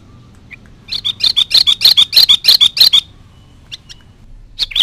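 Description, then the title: Sooty-headed bulbul delivers a rapid run of about a dozen sharp notes, then a few scattered notes. "Kutilang"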